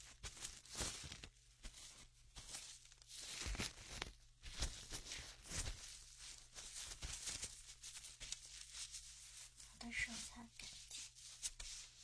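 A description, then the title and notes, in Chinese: An aloe gel ear spa: frequent bright, squishy rubbing and crinkling bursts come every half second or so, tapping and smearing without pause. A low steady hum runs underneath, and a few short voiced sounds appear around ten seconds. 超爽の芦荟胶耳朵SPA。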